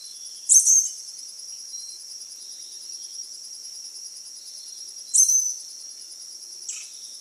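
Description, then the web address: Slaty-capped flycatcher calls, a few sharp high notes spread over several seconds, the last one fainter, over a steady high insect drone. Recorded in Ecuador. "Natures Songs S America Birds of Ecuador Slaty-capped Flycatcher"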